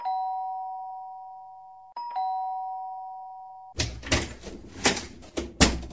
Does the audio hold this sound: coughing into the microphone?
no